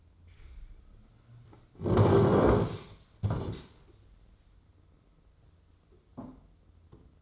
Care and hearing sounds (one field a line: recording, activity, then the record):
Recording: daily activity, microphone in the room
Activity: sit down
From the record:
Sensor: 3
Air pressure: 995.9 hPa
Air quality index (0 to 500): 247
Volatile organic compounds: 1000 ppm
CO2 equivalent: 6318 ppm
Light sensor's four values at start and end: 38/92/40/44 and 40/96/42/45